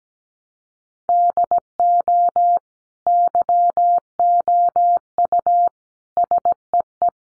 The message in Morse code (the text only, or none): DO YOU SEE